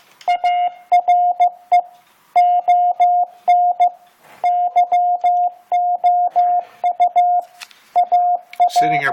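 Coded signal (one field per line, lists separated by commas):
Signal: Morse code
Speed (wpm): 15 wpm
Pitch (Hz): 710 Hz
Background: speech, radio noise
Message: ARE ON YOU AA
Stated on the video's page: Morse code sent at 15 wpm.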